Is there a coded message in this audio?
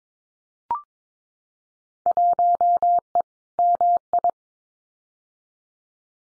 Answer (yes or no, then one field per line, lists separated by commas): yes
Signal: Morse code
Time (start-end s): 2.1-4.3 s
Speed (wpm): 22 wpm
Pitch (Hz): 700 Hz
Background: none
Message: 1E MI